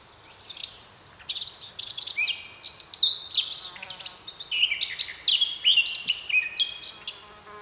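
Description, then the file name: Eurasian blackcap singing a long, varied warble, mixing scratchy chatter with clear, fluty whistles in quick bursts. "Sylvia atricapilla"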